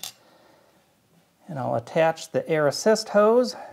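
An air assist hose is handled near its fitting on the new laser module of an xTool S1 fitted with an IR laser. A brief sharp tick sounds at the very start, then quiet, and someone talks from about 1.5 s. The clip ends before the hose goes home, so nothing has seated or clicked yet.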